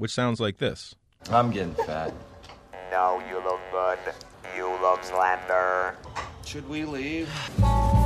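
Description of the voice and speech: Short phrases come out in a flat, buzzy, robotic monotone with an unchanging mechanical pitch: electrolarynx speech from an adult playing a throat cancer survivor, the device used after the voice box is lost. A second speaker answers in an ordinary, natural voice. This is an acted film scene.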